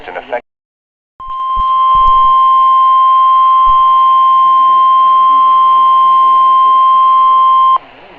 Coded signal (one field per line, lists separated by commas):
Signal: Emergency Alert System (SAME) tones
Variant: 1050 Hz attention tone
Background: speech